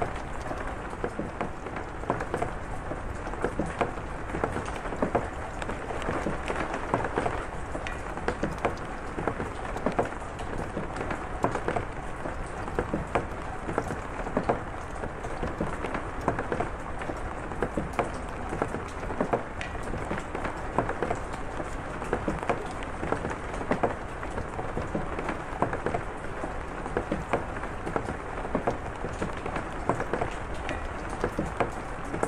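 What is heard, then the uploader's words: Heavy rain falls steadily and densely, an even hiss with countless sharp drops pattering on a hard surface throughout, never easing. Heavy Rain Over Fire Pit.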